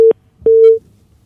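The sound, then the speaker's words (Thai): A telephone busy tone after a call drops: a short mid-pitched steady beep, a brief gap, then a longer beep of the same tone, loud and clear with no talking. “น้องแมนหลุดไปนะครับ”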